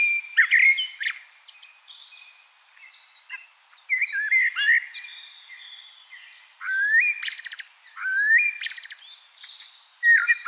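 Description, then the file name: Common blackbird song: several mellow rising whistles, each followed by high-pitched squeaky twitters. "Turdus merula"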